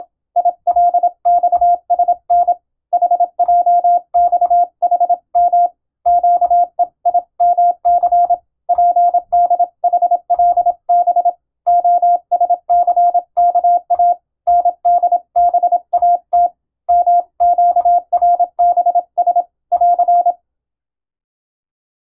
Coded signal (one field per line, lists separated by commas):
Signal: Morse code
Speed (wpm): 27 wpm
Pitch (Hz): 700 Hz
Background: radio noise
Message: ILXSN HJXHM QEIMC PDHLB OSCKA NDBAT MQRBS <AR>